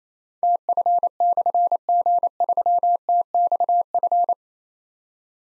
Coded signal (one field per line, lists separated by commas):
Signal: Morse code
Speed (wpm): 27 wpm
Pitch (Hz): 700 Hz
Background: none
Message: TF/G3TXF